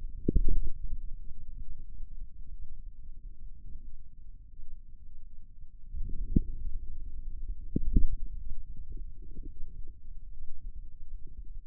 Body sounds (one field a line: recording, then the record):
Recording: forearm muscle sounds (acoustic myography)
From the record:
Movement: outward rotation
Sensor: system 2, bracelet of six BSWA MPA416 microphones around the upper forearm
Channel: 2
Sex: male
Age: 22 years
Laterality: right